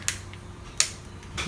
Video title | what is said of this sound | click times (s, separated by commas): Blackberry Classic Q20 Repair - Charging Port | give it to a little press until you hear it click | 0.1 s, 0.8 s